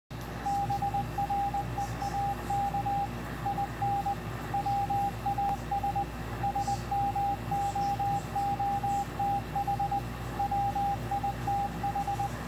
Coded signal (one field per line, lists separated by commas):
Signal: Morse code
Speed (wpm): 19 wpm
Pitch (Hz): 800 Hz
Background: radio noise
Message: BREAK IN WAS SMOOTH WITH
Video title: Decoding Morse Code CW from W1AW 3581.5 Khz Shortwave